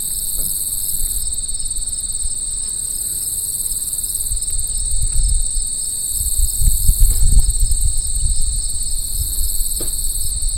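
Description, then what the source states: Crickets trilling in a steady high chorus, some pulsing in rapid chirps, over low rumbling wind or traffic noise that swells midway. Crickets recorded at Lowbanks on 15 September 2004.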